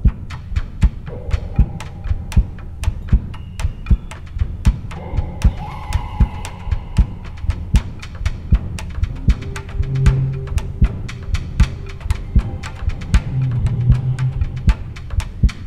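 Sharp, regular, staccato thumps repeat steadily over a low background hum and faint tones. A forceful heartbeat after aortic surgery, loud enough to be heard and felt without a stethoscope, like a rubber mallet banging on the inside of the sternum; each beat's vibration is felt through the body. Blood pressure and other measures are normal.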